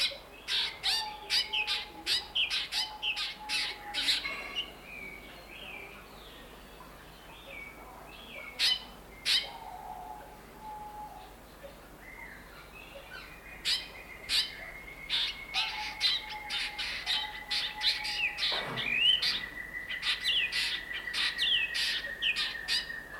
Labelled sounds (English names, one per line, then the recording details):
Black Drongo
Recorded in captivity
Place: Zoo Berlin, Berlin, DE
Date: 1992-07-11 10:40
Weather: bedeckt, z.T. Regen, 17-22°C
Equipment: Marantz CP 430, Sennheiser ME 80, Kopie Tesla B 116
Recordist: Tembrock, Günter